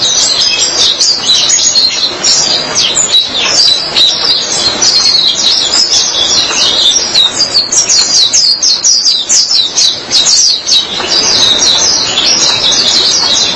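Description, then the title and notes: White-eye song: a sustained, dense torrent of thin high chirps and trills, barely pausing. "Suara kicauan burung pleci"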